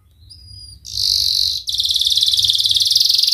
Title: Kenari Gacor Cengkok Terbaik Isian Paling Mewah